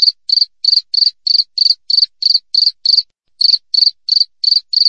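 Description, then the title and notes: Cricket producing crisp, high chirps at a steady pace, with one short gap midway. Wild cricket (jangkrik alam), clear chirping with tight, close intervals, offered as a tutor recording for training songbirds and for repelling rats. "Masteran Jangkrik Alam Jernih, Jeda Rapat Cocok Untuk Masteran Burung Dan Mengusir Tikus. suara jangkrik"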